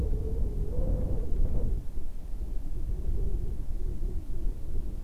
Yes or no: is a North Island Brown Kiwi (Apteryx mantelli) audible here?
no